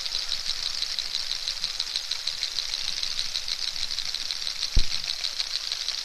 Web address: narwhal